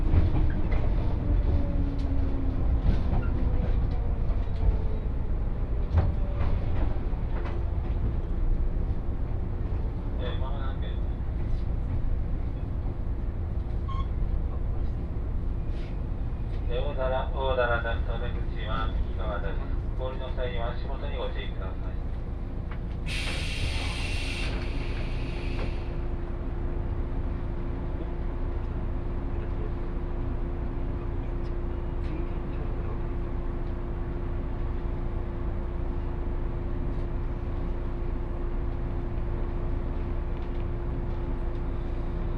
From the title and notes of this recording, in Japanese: 耳で楽しむ鉄道旅 赤穂線 岡山→西大寺。岡山からは赤穂線に乗車して西大寺に向かいます。